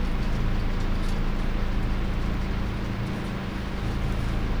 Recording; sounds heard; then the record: poultry house recording; no chicken sound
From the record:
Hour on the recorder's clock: 22